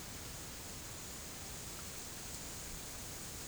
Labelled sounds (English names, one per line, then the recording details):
none
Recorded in secondary vegetation near Puerto Asís, Putumayo, Colombia, on 20 December 2024 at 12:30
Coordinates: 0.489, -76.322
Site G059